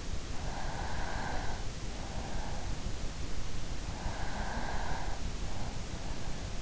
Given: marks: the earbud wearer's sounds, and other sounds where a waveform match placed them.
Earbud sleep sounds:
sounds in sleep by an in-ear microphone; breath
0.22-1.83 s: breath
4.11-5.48 s: breath

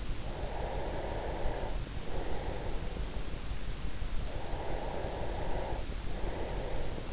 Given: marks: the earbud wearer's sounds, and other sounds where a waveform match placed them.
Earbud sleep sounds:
sounds in sleep by an in-ear microphone; breath
0.14-3.29 s: breath
4.17-7.13 s: breath

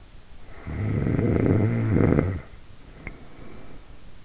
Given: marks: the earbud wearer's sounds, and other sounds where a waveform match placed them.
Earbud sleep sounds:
sounds in sleep by an in-ear microphone; snoring breath
0.43-3.98 s: snoring breath

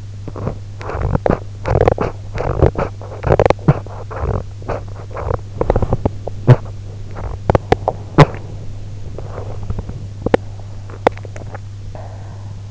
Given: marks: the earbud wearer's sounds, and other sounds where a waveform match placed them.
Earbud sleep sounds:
sounds in sleep by an in-ear microphone; teeth grinding, swallowing
0.00-11.37 s: teeth grinding
11.34-12.71 s: swallowing

